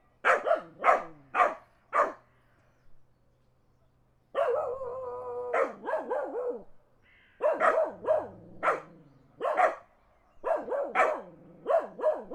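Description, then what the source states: Dog barking in fast runs, a pause, then a long wavering whine-howl followed by more quick barking bursts to the end. Dogs barking in the countryside as a car passes.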